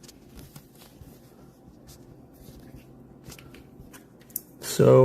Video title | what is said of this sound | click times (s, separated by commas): buying and building PC - Cx Crew #RODSQUAD | Yeah, that's it. Slide it in until it clicks. | 4.4 s